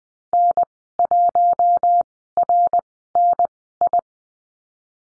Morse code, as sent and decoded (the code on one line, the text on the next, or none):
-. .---- .-. -. ..
N1RNI